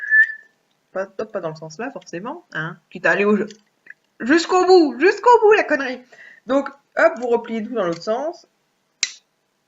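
Someone talks while folding a foldable bag hanger back along its hinge, then it snaps closed with a sharp little click at 9.0 s. The hanger is seated shut.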